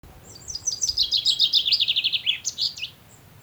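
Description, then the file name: Common chaffinch song: a single bright phrase of quick descending trilled notes ending in a short flourish, lasting about two and a half seconds. "Fringilla coelebs"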